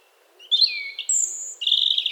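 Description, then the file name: European robin song: a short phrase of a rising and falling whistle, a very high thin note, then a fast, fluttering trill. "Erithacus rubecula"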